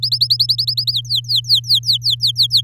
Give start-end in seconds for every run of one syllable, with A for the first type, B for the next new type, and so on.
0.02-0.92 A, 0.93-2.61 B